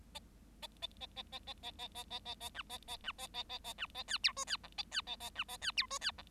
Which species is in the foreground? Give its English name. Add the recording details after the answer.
Bengalese Finch. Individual Bird7